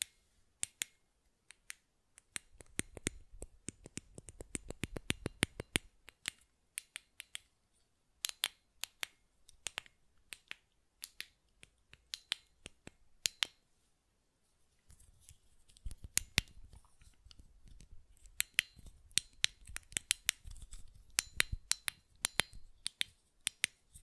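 Sharp button clicks and taps sound in quick, irregular bursts throughout, each a crisp, bright snap. Dense runs of rapid clicking come around 3–6 seconds and again from about 16 seconds on, with sparser single taps and a low rumble under the busier passages.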